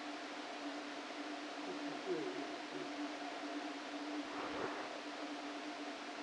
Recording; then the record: brain microelectrode recording played as sound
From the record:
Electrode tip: outside the subthalamic nucleus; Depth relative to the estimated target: 3 mm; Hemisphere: right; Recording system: NeuroSet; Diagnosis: Parkinson's disease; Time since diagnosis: 13 years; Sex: male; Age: 49 years